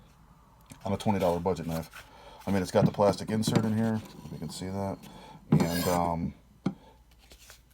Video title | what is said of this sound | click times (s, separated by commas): Walmart Budget knife: final review | it locks in place. | 6.7 s